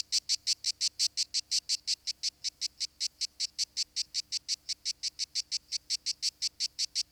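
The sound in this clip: Lyristes plebejus: cicada song: loud, harsh rasping pulses repeated steadily and rapidly, bright and high-pitched, with no other clear sounds.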